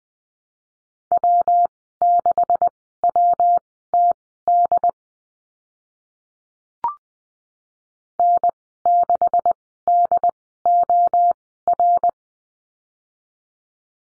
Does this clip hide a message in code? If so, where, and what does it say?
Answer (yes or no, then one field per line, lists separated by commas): yes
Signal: Morse code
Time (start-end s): 1.1-12.1 s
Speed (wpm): 20 wpm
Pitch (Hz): 700 Hz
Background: none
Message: W6WTD N6DOR